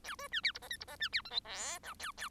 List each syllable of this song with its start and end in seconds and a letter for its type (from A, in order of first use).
0.04-0.16 A, 0.18-0.28 B, 0.31-0.41 C, 0.43-0.52 D, 0.54-0.59 E, 0.61-0.69 F, 0.70-0.77 G, 0.80-0.85 E, 0.87-0.97 F, 0.99-1.09 C, 1.12-1.22 D, 1.25-1.30 H, 1.30-1.40 I, 1.45-1.79 J, 1.83-1.94 K, 1.99-2.12 A, 2.17-2.29 A